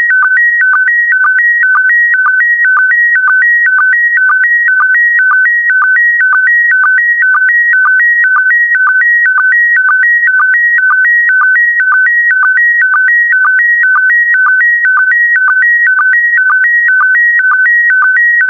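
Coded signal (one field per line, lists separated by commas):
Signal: SSTV (slow-scan television)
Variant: PD120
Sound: steady warbling tones switching between two pitches, with regular short low chirps twice a second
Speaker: complete you can now check your decoded image against the picture that is shown on the video that concludes the daily transmission of slow scan tv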